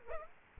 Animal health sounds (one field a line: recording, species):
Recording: mosquito wingbeat signal from an infrared sensor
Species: Aedes aegypti